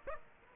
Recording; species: mosquito wingbeat signal from an infrared sensor; Aedes aegypti